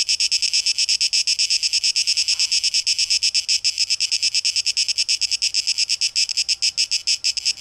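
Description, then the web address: Cicadas droning in a high rasping buzz, beating in quick pulses without pause. Cicadas, tape echo mix, 12 August 2023. "rauschpartikel Audio 2023-08-12 Zikaden"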